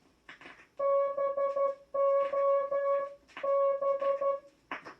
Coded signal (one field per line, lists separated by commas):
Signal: Morse code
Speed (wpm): 12 wpm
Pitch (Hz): 560 Hz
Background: music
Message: BOB